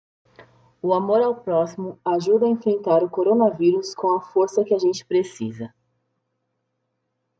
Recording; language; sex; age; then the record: spoken sentence; Brazilian Portuguese; female; 20 to 29 years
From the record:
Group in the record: control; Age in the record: 29 years